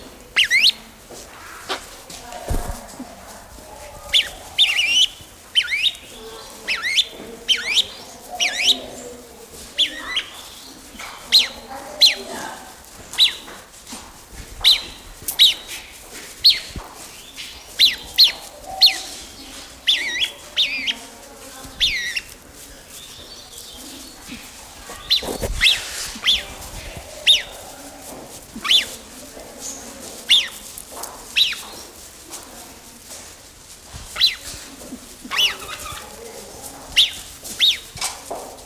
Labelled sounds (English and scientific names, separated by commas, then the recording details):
Grey-winged Trumpeter (Psophia crepitans)
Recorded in captivity
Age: adult
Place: Zoo Berlin, Berlin, DE
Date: 1999-09-04 15:11
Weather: sunny, 24°C
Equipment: Sony WM-D6C, Sennheiser ME 80, Kopie Uher 4000 Report Monitor
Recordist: Tembrock, Günter
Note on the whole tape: Zwei Tiere (eines am Gitter, anderes immer wieder verdrängend), nimmt Objekt in den Schnabel (das andere auch): am Gitter (auf Beobachter bezogen) intensiver mit Flügellüften (rhythmisch)